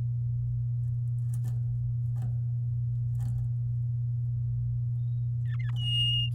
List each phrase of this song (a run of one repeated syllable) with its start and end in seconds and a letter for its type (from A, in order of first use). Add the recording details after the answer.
5.46-5.71 A, 5.76-6.29 B. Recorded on 11 May 2018 at 10:17. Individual llb16